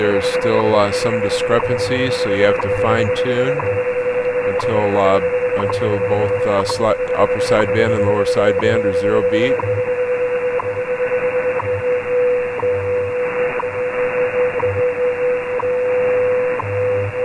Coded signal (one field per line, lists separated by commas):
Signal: radio time signal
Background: speech